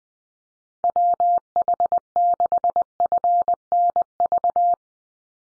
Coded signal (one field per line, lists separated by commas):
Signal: Morse code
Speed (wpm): 20 wpm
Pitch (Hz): 700 Hz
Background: none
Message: WH6FNV